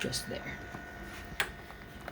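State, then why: Seated. A plastic tubing connector, green side up with its notch aligned, is pushed onto its mating port on an inhaled nitric oxide delivery unit and then screwed down, while someone talks. A sharp click at 1.4 s marks the connector seating in the port, followed by a few fainter taps.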